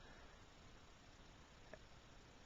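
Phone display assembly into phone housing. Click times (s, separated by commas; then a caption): 1.7 s. An iPhone 5 screen assembly is slid up to the top and pressed down all around into its metal and plastic phone frame. Against a steady hiss, a single short, sharp click at 1.7 s marks the screen assembly seating back into place, confirmed as clicked in.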